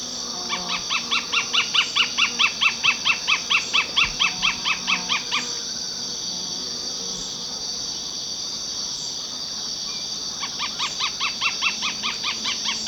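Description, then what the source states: Rufous-fronted Thornbird giving a long, rapid run of sharp repeated notes for about five seconds, then starting again near the end, over a steady high insect drone. Recorded in Ecuador.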